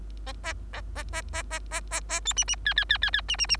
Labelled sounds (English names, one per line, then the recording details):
Bengalese Finch song
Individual Bird3